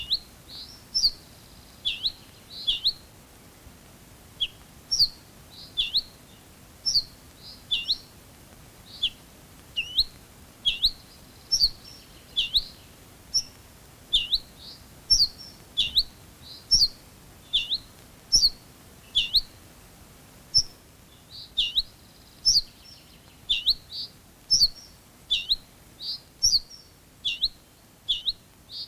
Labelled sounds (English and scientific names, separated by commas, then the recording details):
Ortolan Bunting (Emberiza hortulana) alarm call
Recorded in the wild
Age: adult
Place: Schloß Holte-Stukenbrock, Senne, Nordrhein-Westfalen, DE
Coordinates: 51.8667, 8.65861
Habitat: edge of the woods
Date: 1966-05-28
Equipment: Uher 4000 Report-S, Bändchenmikro Beyer M 260, Parabolspiegel Polyester (470 mm)
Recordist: Conrads, Klaus